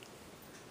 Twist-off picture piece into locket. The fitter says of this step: this locket clicks back into place. Twist it back around.